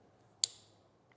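A Curt trailer wiring T-connector harness plug is pushed into the tail light wiring connector of a 2025 Buick Enclave, lining up the locking tab on the correct side. A sharp, bright click at 0.4 s marks the locking tab snapping in, followed by a faint tick near 1.1 s over a low steady hum. The connector is seated.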